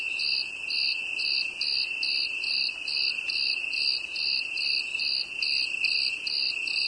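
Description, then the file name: Cricket chirps, shrill and evenly spaced at a little over two per second, with a sustained high buzz beneath. "grillon"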